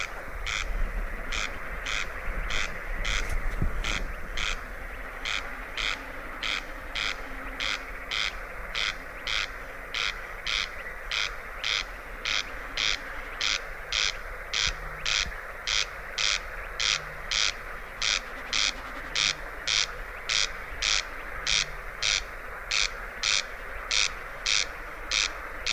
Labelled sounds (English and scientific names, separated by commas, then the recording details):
Corn Crake (Crex crex)
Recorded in the wild
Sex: male
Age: adult
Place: Zarnekow, Kummerower See, Mecklenburg-Vorpommern, DE
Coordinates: 53.8756, 12.8811
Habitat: meadow
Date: 2010-06-23 23:20
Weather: 13°C, windstill
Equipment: Sound Devices 702, Sennheiser MKH 70, Rycote Windschutz
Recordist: Frommolt, Karl-Heinz